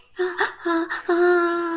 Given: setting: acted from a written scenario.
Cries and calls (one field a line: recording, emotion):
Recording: vocal sound without words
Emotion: fear